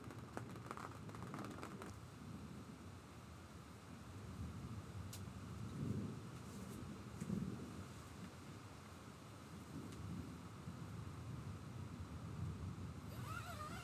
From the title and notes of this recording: Sounds of a Thunderstorm. I recorded an approaching thunderstorm from Jerome's Town.